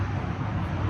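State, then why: Not seated. A new wiper blade for a 2000–2009 Ford Ranger is being handled as its plastic locking clip is fitted onto the wiper arm hook. Only a steady, low broadband rumble like vehicle noise is heard, with no sharp transients. Nothing has seated or clicked yet.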